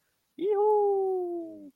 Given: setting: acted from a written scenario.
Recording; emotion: vocal sound without words; elation